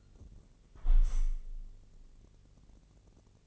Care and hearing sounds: daily activity, microphone in the room; close window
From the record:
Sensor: 4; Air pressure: 1013.1 hPa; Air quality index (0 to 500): 167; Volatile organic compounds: 2 ppm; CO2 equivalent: 1054 ppm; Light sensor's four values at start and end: 41/102/41/42 and 46/111/45/44

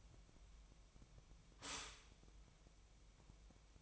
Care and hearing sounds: daily activity, microphone in the room; stop toaster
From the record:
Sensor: 1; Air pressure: 1002.0 hPa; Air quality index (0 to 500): 238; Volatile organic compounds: 43 ppm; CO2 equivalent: 3195 ppm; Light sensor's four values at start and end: 10/35/13/15 and 10/36/13/15

